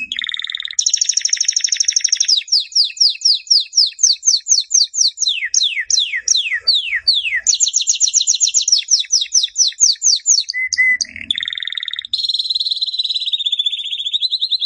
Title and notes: Suara Burung Kenari Masteran. master suara burung kenari